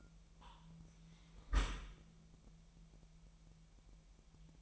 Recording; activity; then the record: daily activity, microphone in the room; close dishwasher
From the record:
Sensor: 1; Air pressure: 998.3 hPa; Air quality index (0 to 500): 139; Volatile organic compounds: 4 ppm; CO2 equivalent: 1660 ppm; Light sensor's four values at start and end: 16/54/22/22 and 16/54/22/22